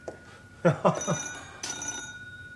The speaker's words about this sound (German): Steve, geh ans Telefon.